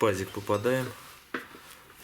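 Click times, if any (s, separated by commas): 1.4 s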